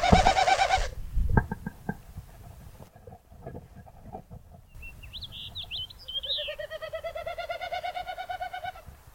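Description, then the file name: Wilson's snipe giving rapid pulsed, hollow throbbing notes: a short burst at the start and a longer series near the end, with brief high twittering notes between. "Wilsons Snipe - Gallinago delicata"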